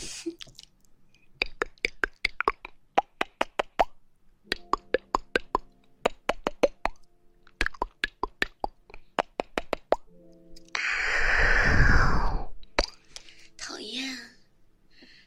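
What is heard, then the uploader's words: Kissing in the ear: rapid wet smacking pops in irregular bursts, then a long rushing blow around eleven seconds and a few final kisses. ASMR Blowing in the ear, kissing in the ear.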